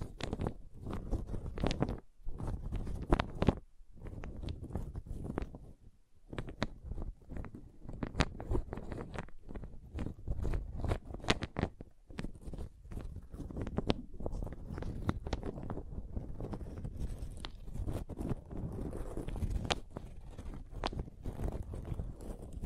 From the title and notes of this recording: ASMR Calming Wood Triggers for Sleep (No Talking).